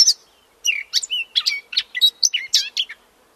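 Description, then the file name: Eurasian blackcap warbling song: a quick run of varied chirpy, scratchy notes mixed with clearer whistles, all high-pitched, after a brief opening note. "Sylvia atricapilla"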